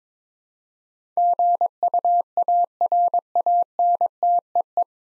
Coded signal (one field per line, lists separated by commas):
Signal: Morse code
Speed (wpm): 22 wpm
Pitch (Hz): 700 Hz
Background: none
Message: GUARANTEE